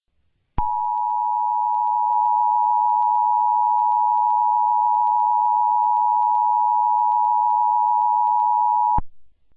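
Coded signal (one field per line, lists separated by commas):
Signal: Emergency Alert System (SAME) tones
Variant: 853 and 960 Hz attention tone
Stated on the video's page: Not a real EAS broadcast: a fictional EAS scenario made for entertainment, possibly containing valid SAME tones.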